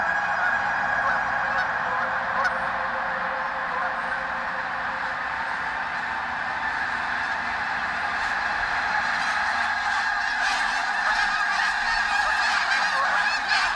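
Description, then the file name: Snow goose: snow geese calling in a dense flock, a continuous roar of overlapping honks and yelps with a steady, unbroken wash of sound throughout. Flock of snow geese taking off. "Sherk Scott Snow Geese take-off"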